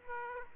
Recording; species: mosquito wingbeat signal from an infrared sensor; Aedes aegypti